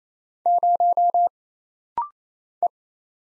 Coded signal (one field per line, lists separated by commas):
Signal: Morse code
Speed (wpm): 27 wpm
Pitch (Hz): 700 Hz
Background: none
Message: 0 E